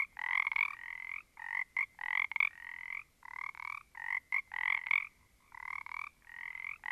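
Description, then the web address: Frog chorus of harsh, pulsed croaks, a few animals calling almost continuously with overlapping raspy bursts and short gaps. A small group of frogs. "static audio olofonia Small Group of Frogs"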